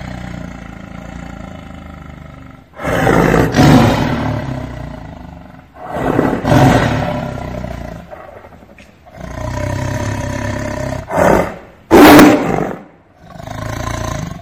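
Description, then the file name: Tiger giving drawn-out, harmonic roars in separate bouts a few seconds apart, the loudest a short, sharp burst near the end. "Tieng ho gam"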